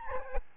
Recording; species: mosquito wingbeat signal from an infrared sensor; Aedes albopictus